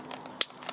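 On a second attempt, a plastic quick-detach buckle on a Coyote Tactical Solutions QD JPC/AVS cummerbund is pushed into its receiver on the plate carrier. Faint ticks and rustles at 0.1, 0.3 and 0.7 s surround a single sharp, bright click at 0.4 s. The buckle clicks home and is seated.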